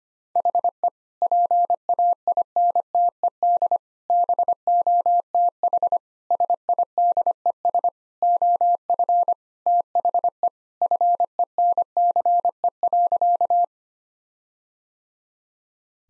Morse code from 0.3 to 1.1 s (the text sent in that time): HE